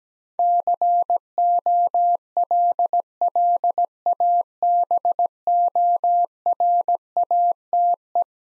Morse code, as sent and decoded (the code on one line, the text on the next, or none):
-.-. --- .-.. .-.. .- -... --- .-. .- - .
COLLABORATE